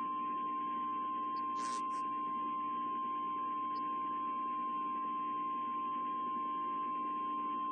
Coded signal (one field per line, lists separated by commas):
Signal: Emergency Alert System (SAME) tones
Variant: 1050 Hz attention tone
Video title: Menomonie WI Severe Thunderstorm & Tornado Warning WXJ88 7 45 & 7 46 PM NOAA EAS 5 9 22